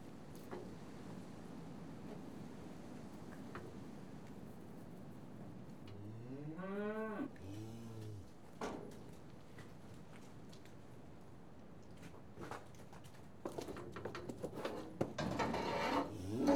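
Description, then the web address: Cattle moo, one rising bellow followed by a shorter low moo, then clattering and banging sounds. Cattle in a yard, TB tested. "BBC Sound Effects Library Livestock Cattle TB Tested In Yard"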